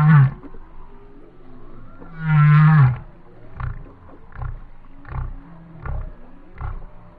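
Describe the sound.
Whale song: a short deep moan, a longer deep moan, then a series of short pulsed low grunts.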